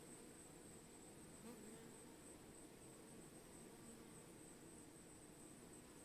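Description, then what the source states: Bees swarming, a steady low drone of overlapping buzzes with a short louder flicker early on and a continuous thin high hiss. Bees recorded while swarming.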